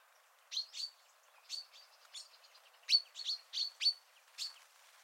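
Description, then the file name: Common chaffinch: a series of short bright chirps, some in quick pairs, scattered irregularly over a faint background hiss. "Fringilla coelebs"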